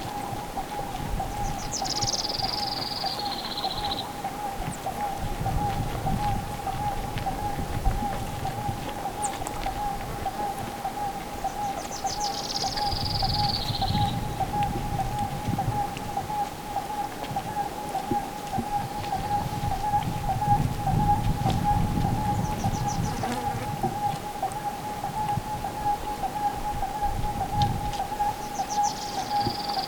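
By a mountain lake, a bird gives brief descending high calls about every ten seconds over low wind rumble and a steady hum.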